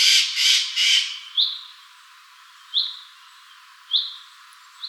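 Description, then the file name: Eurasian jay giving three harsh, rasping screeches in quick succession, followed by a few short, thin rising chirps. "Garrulus glandarius"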